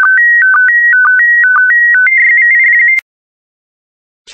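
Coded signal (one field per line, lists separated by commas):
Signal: SSTV (slow-scan television)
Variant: PD120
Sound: clean warbling tone stepping between pitches, short low blips twice a second, then stops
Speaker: the next image transmission will start in 10 seconds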